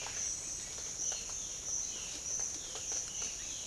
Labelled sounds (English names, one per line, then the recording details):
none
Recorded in secondary vegetation near Puerto Asís, Putumayo, Colombia, on 8 March 2025 at 07:00
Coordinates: 0.488, -76.319
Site G095